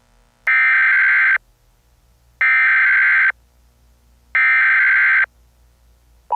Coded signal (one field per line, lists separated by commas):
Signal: Emergency Alert System (SAME) tones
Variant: header bursts